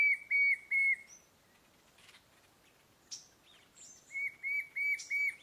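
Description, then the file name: White-shouldered fire-eye song: a short run of clear, even whistled notes, then a pause and a second run, with a few sharp higher chirps from other birds between. "Canto do papa taoca do sul"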